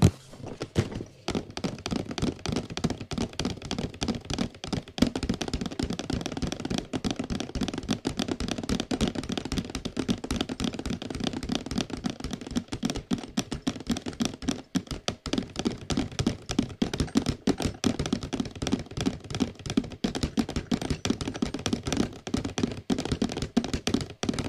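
Fingers tap rapidly on a small vase and hollow boxes indoors, a dense, continuous flurry of crisp knocks with little pause. The taps carry a warm, woody low body with bright clicky edges, steady throughout, with a brief lull near fifteen seconds.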